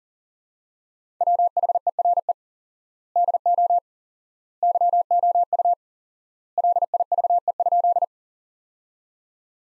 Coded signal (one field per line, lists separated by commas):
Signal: Morse code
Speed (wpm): 37 wpm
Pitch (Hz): 700 Hz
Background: none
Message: WHERE DO YOU LIVE?